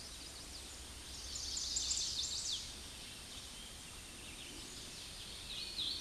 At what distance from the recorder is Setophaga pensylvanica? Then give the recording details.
about 40 m. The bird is about 15 m above the microphone. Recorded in a Pennsylvania forest on 16 May 2024 at 08:26. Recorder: AudioMoth, point MSD-2391. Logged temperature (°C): 15.0 °C. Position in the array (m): 86 m, 63 m